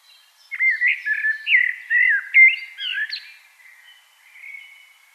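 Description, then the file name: Common blackbird delivering one warbling phrase of rounded, fluty whistles that rise and fall, then a soft high twittering end. "Turdus merula"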